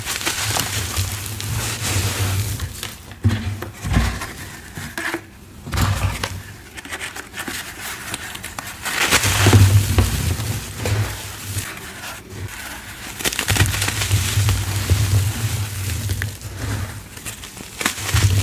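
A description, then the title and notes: Reformed gym chalk and cornstarch being crushed, with a dense gritty crunching that runs throughout. Louder crumbling bursts come around 3, 9 to 10, and 14 to 16 seconds, each with a low thudding underneath. Brief quieter pauses fall near 5 and 12 seconds. Gritty Chalk Textures Overload! Reformed Gym Chalk ASMR compilation with gritty textures, cornstarch crunchies, and chalk blocks.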